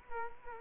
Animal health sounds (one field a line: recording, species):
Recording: mosquito wingbeat signal from an infrared sensor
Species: Culex quinquefasciatus